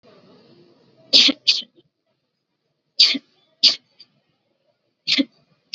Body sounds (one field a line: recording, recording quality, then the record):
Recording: shallow voluntary cough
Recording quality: moderate, slight background noise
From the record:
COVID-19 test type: RT-PCR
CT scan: not taken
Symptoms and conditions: none ticked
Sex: female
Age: 27 years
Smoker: no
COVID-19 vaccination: both doses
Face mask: worn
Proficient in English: yes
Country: India